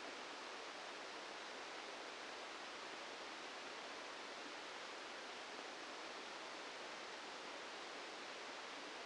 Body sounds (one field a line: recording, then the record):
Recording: brain microelectrode recording played as sound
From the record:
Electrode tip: inside the subthalamic nucleus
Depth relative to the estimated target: 1 mm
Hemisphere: right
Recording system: NeuroSet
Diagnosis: Parkinson's disease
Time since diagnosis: 8 years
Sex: male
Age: 65 years